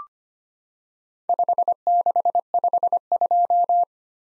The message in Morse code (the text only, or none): 5652